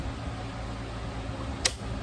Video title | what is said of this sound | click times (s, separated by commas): FTT 221 Ring Lapping Lab | turn it hear the click | 1.7 s